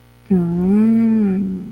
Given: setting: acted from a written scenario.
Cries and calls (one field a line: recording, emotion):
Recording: vocal sound without words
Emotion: desire